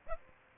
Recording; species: mosquito wingbeat signal from an infrared sensor; Aedes aegypti